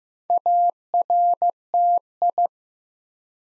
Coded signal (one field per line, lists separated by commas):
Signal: Morse code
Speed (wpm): 15 wpm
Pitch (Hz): 700 Hz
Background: none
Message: ARTI